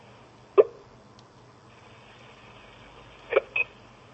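Three short, sharp hiccups from an adult woman are heard in about four seconds: one isolated, then two close together near the end. Each is an abrupt voiced catch with a quick cutoff, against a quiet, slightly hissy phone-line background.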